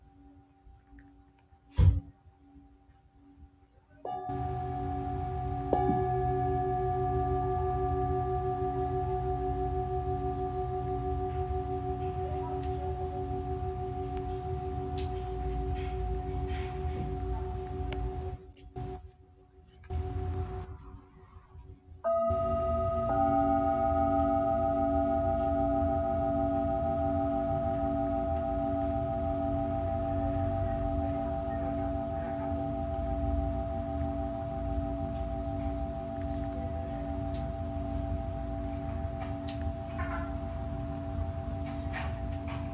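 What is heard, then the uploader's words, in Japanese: Tibetan singing bowls ring in long, steady sustained tones with a pulsing, wavering hum underneath. After a near-silent opening with a soft knock, the drone begins around four seconds, breaks off briefly near 19–22 seconds, then returns with a new, brighter ringing pitch layered on top. 深夜の シンギングボウルのサウンドヒーリング。チベタンシンギングボウルのサウンドヒーリングLiveアーカイブです。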